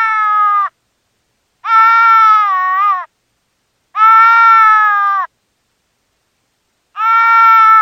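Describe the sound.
Deer fawn gives long nasal bleats, some wavering in pitch, spaced by pauses of about one to two seconds.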